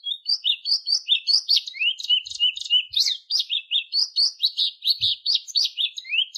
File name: canto da patativa